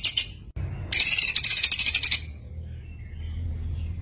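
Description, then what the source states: White-eye giving a brief high note, then a fast pulsed trill of just over a second, followed by near silence with faint hum. Masteran recording of a white-eye singing gacor (continuous singing), full of tembakan bursts.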